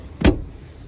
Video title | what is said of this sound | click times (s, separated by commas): 2022 Nissan Pathfinder S Delivery & Feature Presentation | I'm just gonna push back on it and locks in place. | 0.2 s